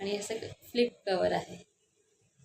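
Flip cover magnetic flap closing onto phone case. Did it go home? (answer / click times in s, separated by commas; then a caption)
no / none. A new flip-style phone cover with a magnetic flap is handled while a woman talks, and faint low rustling follows her speech. Nothing has seated or clicked yet; the clip ends before the flap's magnetic clasp snaps shut.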